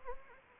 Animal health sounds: mosquito wingbeat signal from an infrared sensor; Anopheles gambiae

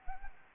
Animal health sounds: mosquito wingbeat signal from an infrared sensor; Anopheles gambiae

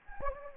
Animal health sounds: mosquito wingbeat signal from an infrared sensor; Anopheles gambiae

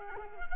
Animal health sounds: mosquito wingbeat signal from an infrared sensor; Culex quinquefasciatus

